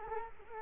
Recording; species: mosquito wingbeat signal from an infrared sensor; Culex quinquefasciatus